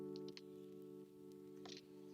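A front-panel audio cable connector is handled near its motherboard header during a Threadripper 3970X PC build, with music playing steadily underneath. Brief handling ticks come around 0.2–0.4 s and again near 1.7 s. The clip ends before the connector goes home, so nothing has seated or clicked yet.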